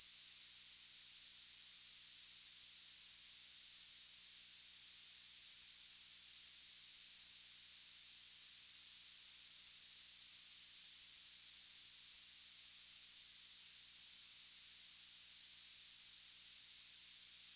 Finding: Tinnitus.